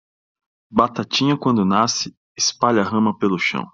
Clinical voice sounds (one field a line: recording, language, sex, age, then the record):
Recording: short text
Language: Brazilian Portuguese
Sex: male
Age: 30 to 39 years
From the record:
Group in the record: control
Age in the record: 33 years